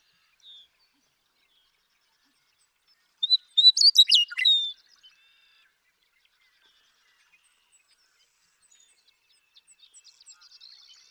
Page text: The joy of western meadowlark songs. Sierra Valley in eastern California where, during 2018. One male (call him Bird 1)